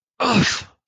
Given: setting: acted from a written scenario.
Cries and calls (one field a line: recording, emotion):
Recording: vocal sound without words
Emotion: pain